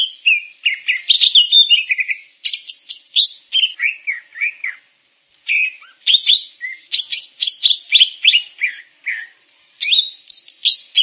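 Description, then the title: Grey-cheeked bulbul giving animated, varied song of whistles and chattering notes, in phrases separated by short breaks. "Kicau Burung Cucak Jenggot"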